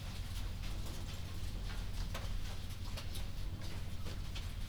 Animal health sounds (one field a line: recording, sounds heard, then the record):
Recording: poultry house recording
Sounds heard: no chicken sound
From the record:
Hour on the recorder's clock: 0